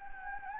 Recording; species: mosquito wingbeat signal from an infrared sensor; Anopheles gambiae